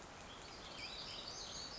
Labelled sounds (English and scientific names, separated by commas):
Black-throated Gray Warbler (Setophaga nigrescens)